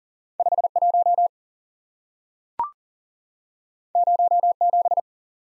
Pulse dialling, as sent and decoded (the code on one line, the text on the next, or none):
none